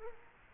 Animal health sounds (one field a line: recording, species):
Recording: mosquito wingbeat signal from an infrared sensor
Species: Culex quinquefasciatus